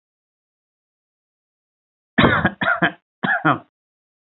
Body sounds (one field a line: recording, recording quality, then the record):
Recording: shallow voluntary cough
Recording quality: excellent, no background noise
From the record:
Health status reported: healthy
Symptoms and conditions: none ticked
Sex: male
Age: 28 years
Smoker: yes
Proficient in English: yes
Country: India